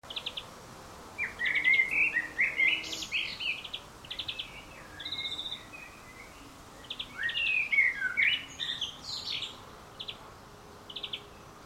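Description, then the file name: Common blackbird song in short warbling phrases with thin squeaky endings, with bursts of rapid high chips between, over faint background hiss. "Turdus merula"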